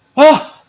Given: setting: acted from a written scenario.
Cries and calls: vocal sound without words; fear

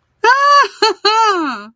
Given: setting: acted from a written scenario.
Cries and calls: vocal sound without words; elation

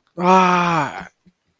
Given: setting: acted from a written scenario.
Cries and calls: vocal sound without words; pain

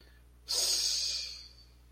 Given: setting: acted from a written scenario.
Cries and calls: vocal sound without words; ecstasy

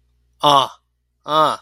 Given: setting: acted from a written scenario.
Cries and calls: vocal sound without words; pride

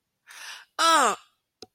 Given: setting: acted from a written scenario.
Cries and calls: vocal sound without words; negative surprise

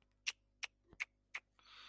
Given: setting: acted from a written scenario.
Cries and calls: vocal sound without words; shame

